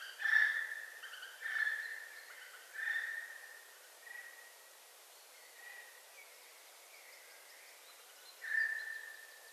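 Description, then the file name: Eurasian jay repeating whistled notes, strongest at the start, fading in the middle, with a final loud note; faint hiss throughout. "Garrulus glandarius"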